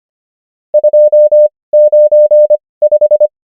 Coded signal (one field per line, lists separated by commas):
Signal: Morse code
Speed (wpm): 25 wpm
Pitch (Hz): 600 Hz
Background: none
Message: 2 9 5